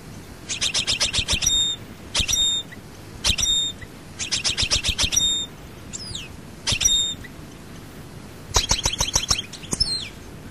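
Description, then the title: European goldfinch song in short bursts of quick high twittering notes, separated by short pauses, with an occasional slurred note. "Chant Chardonneret"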